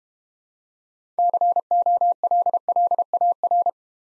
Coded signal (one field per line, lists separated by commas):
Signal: Morse code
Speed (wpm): 31 wpm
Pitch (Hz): 700 Hz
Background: none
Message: COLLAR